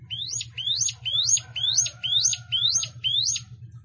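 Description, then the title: Plain prinia song: seven rising high notes repeated evenly about twice a second, with a steady low hum beneath. "Ciblek Sawah"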